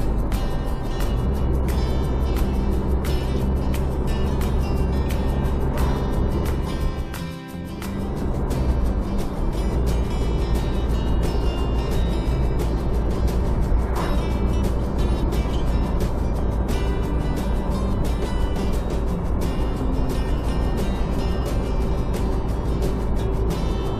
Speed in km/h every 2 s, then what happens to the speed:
69, 70, 72, 75, 74, 75, 75, 74, 74, 74, 72, 72.
0-24 steady at about 74.